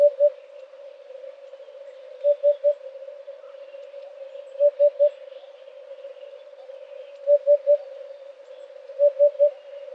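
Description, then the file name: Eurasian hoopoe calling a hollow 'oop-oop-oop' again and again, every few seconds, over a low continuous hum. "huppe fasciee"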